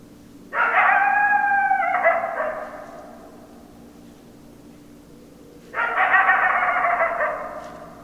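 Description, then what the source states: Coyote howls: a long harmonic howl, steady then sagging slightly in pitch, then quiet for a few seconds before a second similar howl begins near the end. 10 December 2012.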